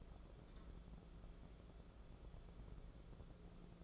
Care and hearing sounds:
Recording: daily activity, microphone in the room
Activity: take from stove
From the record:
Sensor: 5

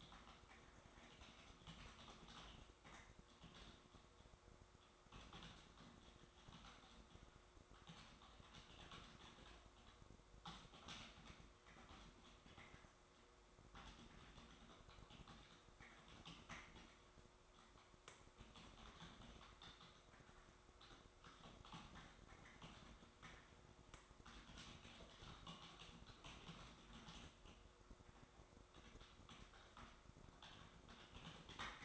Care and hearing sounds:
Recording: daily activity, microphone in the room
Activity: typing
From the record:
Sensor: 3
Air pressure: 1004.4 hPa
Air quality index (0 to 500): 196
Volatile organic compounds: 14 ppm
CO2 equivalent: 2455 ppm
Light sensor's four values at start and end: 6/16/5/6 and 6/16/5/6

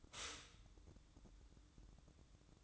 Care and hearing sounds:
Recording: daily activity, microphone in the room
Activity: stop toaster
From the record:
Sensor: 3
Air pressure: 1007.1 hPa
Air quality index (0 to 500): 54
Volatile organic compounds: 1 ppm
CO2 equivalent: 591 ppm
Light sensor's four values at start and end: 8/18/7/7 and 8/18/7/7

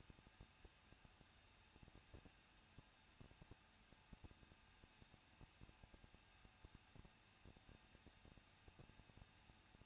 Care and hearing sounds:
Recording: daily activity, microphone in the room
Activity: no activity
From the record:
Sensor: 2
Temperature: 21.0 degrees Celsius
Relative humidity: 37.3%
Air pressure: 1006.2 hPa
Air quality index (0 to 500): 221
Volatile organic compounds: 23 ppm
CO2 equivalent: 2796 ppm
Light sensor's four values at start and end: 2/3/2/2 and 2/3/2/2

